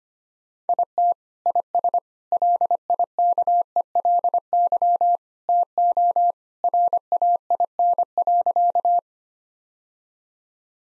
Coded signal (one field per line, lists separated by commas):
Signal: Morse code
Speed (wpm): 25 wpm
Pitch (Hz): 700 Hz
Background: none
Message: IT IS LIKELY TO RAIN.